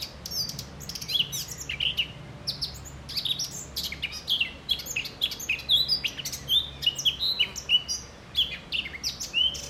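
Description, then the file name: Eurasian blackcap song, a rich run of fast warbled and whistled notes, continuing in bursts through the whole stretch. "Sylvia atricapilla"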